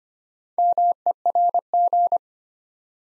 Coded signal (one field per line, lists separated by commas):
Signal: Morse code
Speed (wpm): 25 wpm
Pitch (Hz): 700 Hz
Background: none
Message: MERG